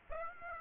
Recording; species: mosquito wingbeat signal from an infrared sensor; Aedes aegypti